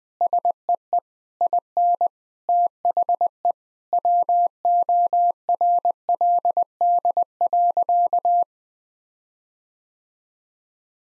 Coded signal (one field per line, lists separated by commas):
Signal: Morse code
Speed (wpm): 20 wpm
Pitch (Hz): 700 Hz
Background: none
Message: SEE IN THE WORLD.